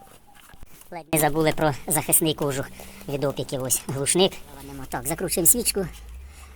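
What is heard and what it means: Someone talks while handling the spark plug boot of a brush cutter, with a few faint ticks early on around 0.4 and 0.6 seconds. The boot is about to be pushed onto the spark plug, but nothing has seated or clicked yet.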